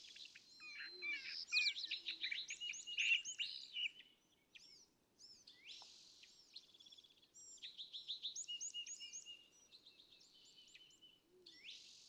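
California thrasher singing continuously, mixing rapid chattered notes, buzzes and repeated upslurred whistles in shifting phrases, with a soft background hiss.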